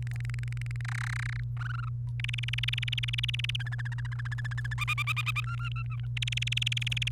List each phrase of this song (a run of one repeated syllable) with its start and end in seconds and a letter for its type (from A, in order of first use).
0.02-0.81 A, 0.85-1.40 B, 1.57-1.89 C, 2.20-3.56 D, 3.60-4.74 E, 4.78-5.40 F, 5.44-6.06 G, 6.17-7.08 D